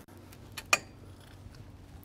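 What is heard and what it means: With its knob pulled, the metal mast of a Yakima OnRamp e-bike platform rack on a 2020 Grand Design Reflection fifth wheel folds down into its storage position. A sharp metallic hit at 0.7 s marks it locking into place, with fainter taps before it and another at the end.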